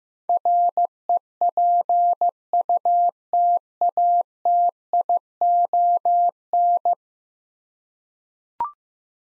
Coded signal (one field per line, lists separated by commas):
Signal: Morse code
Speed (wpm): 16 wpm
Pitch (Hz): 700 Hz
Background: none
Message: REPUTATION